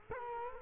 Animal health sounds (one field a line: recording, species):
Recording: mosquito wingbeat signal from an infrared sensor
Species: Culex quinquefasciatus